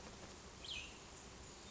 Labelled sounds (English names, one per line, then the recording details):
Cassin's Vireo
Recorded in Sonoma County, California